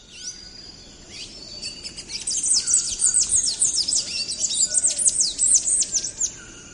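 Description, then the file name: Palm tanager song: a fast, jumbled stream of high squeaky and chirping notes for about four seconds. "canto do sanhaco do coqueiro"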